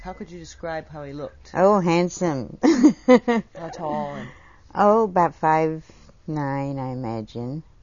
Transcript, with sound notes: How could you describe how he looked?
Oh handsome. (laughs)
How tall and?
Oh about 5'9 I imagine.